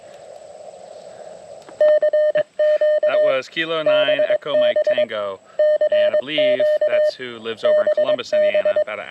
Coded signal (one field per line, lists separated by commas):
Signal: Morse code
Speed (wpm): 22 wpm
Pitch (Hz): 590 Hz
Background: speech, radio noise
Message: CQ BB CQ BB